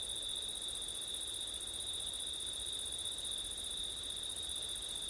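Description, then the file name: Crickets trilling in a steady, continuous chorus, one bright high band with another still higher, no breaks. Crickets on a windy September night, ORTF microphone setup. "crickets wind september night ortif"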